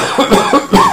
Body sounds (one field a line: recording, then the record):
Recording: coughing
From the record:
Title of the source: Spring Allergy Coughing